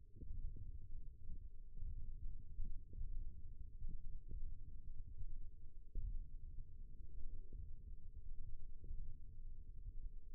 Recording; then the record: forearm muscle sounds (acoustic myography)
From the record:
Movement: hand opening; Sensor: system 1, eight BSWA MPA416 microphones around the upper forearm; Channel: 2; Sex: female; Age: 21 years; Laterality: right